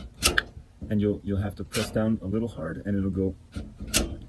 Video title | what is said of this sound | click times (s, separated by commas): Choosing the Best Gas Cooking Stove: How to Pick the Perfect Stove for Your Home or Outdoor Cooking | you'll hear a click you'll see the 8 oz gas tank tighten up to the valve | 0.3 s, 0.4 s